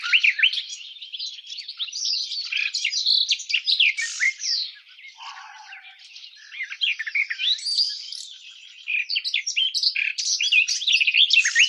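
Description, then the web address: European goldfinch singing a long, hurried medley of tinkling twitters and buzzy chirps, softer for a few seconds in the middle, then lively again. "щегол"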